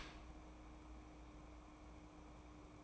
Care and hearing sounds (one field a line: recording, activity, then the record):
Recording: daily activity, microphone in the room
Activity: open dishwasher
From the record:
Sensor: 1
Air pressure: 1012.4 hPa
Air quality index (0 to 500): 166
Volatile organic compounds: 3 ppm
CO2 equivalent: 1358 ppm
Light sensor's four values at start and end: 603/1292/602/658 and 603/1291/602/658